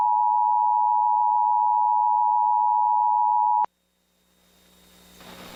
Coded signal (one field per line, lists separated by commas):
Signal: Emergency Alert System (SAME) tones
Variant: 853 and 960 Hz attention tone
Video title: (EAS #11) "NBC WTAP" - Severe Thunderstorm Warning (3/23/2022)